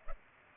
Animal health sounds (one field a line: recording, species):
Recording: mosquito wingbeat signal from an infrared sensor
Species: Culex pipiens